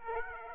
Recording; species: mosquito wingbeat signal from an infrared sensor; Aedes aegypti